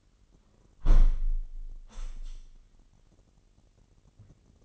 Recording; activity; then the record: daily activity, microphone in the room; close window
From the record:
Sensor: 4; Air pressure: 998.8 hPa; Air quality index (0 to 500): 126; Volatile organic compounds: 2 ppm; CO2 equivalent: 1237 ppm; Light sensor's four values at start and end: 9/21/8/9 and 9/21/8/9